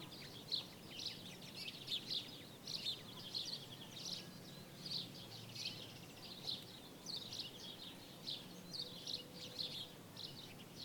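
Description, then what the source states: Birds in a continuous chorus of quick high chirps and buzzy trills, steady background noise throughout. Birds in daytime ambience in Jerez, Spain.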